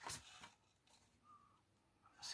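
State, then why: Not seated. Plastic pegboard plates are pressed together to join one to another, with a short sharp burst near the start, brief rustles, and a faint tone in the middle. Nothing has clipped yet, and the plates are not clipping properly.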